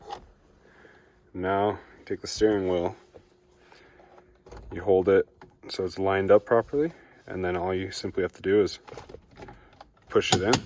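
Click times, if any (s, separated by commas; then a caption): none. A driver airbag module is held and lined up on the steering wheel hub of a BMW F30 during an F80 paddle shifter upgrade, before it is pushed home. Someone talks throughout, with a few faint handling taps between phrases. Nothing has seated or clicked yet.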